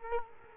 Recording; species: mosquito wingbeat signal from an infrared sensor; Culex quinquefasciatus